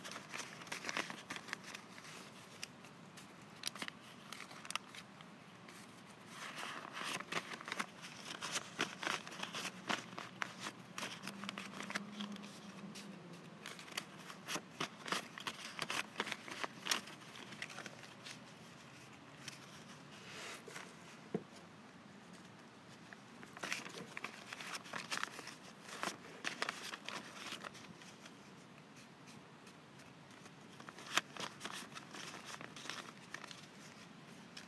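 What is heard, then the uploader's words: Index cards are handled throughout, with dense bursts of crisp papery rustling and flicking that come in uneven clusters, busiest around 3–8, 13–17 and 23–27 seconds. Sharp clicks punctuate the shuffling, and a faint low hum stays underneath. ASMR Index Cards.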